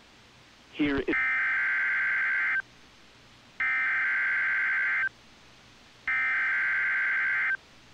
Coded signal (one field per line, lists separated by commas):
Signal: Emergency Alert System (SAME) tones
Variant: header bursts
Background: speech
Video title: April 8, 2020 - Cincinnati NOAA Weather Radio & Radar (Part 5)